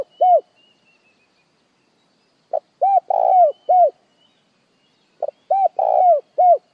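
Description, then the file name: Spotted dove coo ending, then two full phrases about three seconds apart, each a quick short note followed by three deep coos. Dove calling the flock. "Tieng cu gay goi bay"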